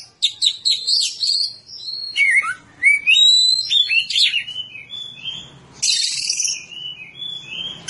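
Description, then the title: Oriental magpie-robin song: fast, varied whistles, buzzy high bursts and sweeping slurred notes delivered almost continuously, with a faint low hum beneath. "Kacer"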